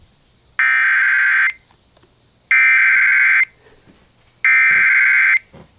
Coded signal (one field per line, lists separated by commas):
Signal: Emergency Alert System (SAME) tones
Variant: header bursts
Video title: Flash Flood Warning on 99.1 FM (EAS #362)